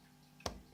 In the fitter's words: turn and you'll hear it click and it's